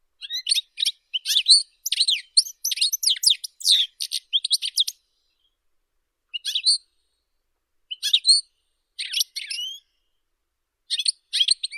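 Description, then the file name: European goldfinch song opening with about five seconds of rapid, sparkling twitter, then a few short scattered phrases separated by pauses. "Golosa ptic - CSHegol Carduelis carduelis"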